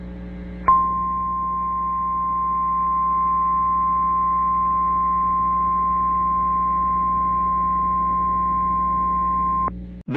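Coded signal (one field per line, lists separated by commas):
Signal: Emergency Alert System (SAME) tones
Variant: 1050 Hz attention tone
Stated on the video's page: Fictional EAS scenario, not a real broadcast.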